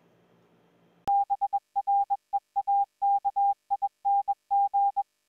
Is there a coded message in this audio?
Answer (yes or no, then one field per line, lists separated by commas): yes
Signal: Morse code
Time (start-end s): 1.1-5.0 s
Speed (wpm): 21 wpm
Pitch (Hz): 800 Hz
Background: music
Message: BREAKING